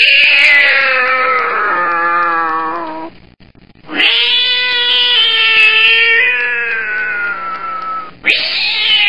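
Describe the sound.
Cat screaming: three long, harsh, wavering yowls, each starting high and sliding slowly downward, with brief pauses between them.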